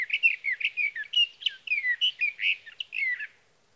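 Sage thrasher singing a long, continuous warble of quick, varied rising and falling notes lasting over three seconds, with no other sounds.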